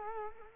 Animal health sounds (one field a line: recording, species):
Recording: mosquito wingbeat signal from an infrared sensor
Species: Culex quinquefasciatus